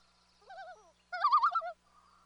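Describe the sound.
Loon calls in two wavering phrases, a softer trill followed by a louder quavering burst, then quiet.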